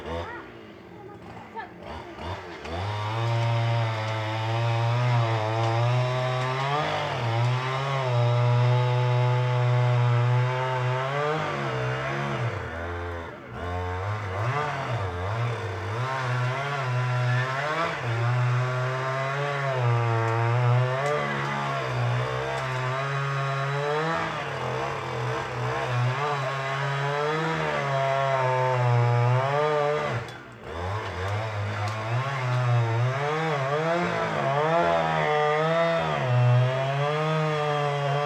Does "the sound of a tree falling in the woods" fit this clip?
yes